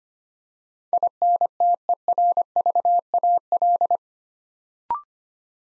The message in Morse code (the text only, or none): INTERVAL